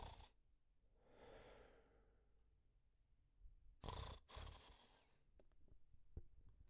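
Snoring from an adult sleeper, with irregular breaths and sharp noisy inhalations.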